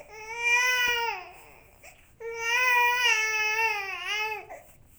Baby Cry.